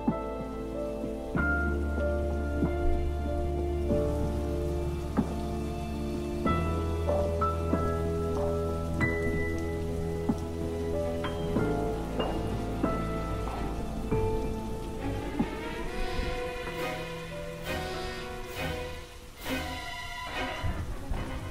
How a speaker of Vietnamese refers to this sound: Mưa càng lúc càng lớn. Cơn mưa cứ thế nuốt chửng lấy hình bóng của bà già.